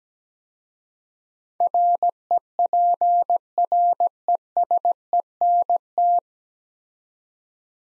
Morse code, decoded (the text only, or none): REPRESENT